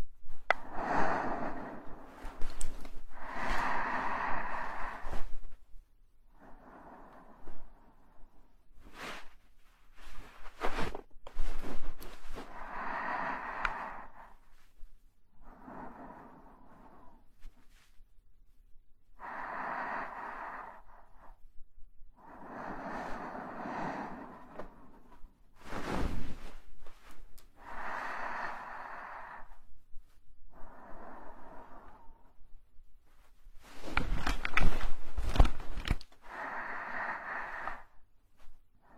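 Breathing sounds, with breaths repeating every two to three seconds in short bursts of airy, hissing noise. Sharp clicks and brief bright crackles cut in at several points, strongest near the middle and toward the end.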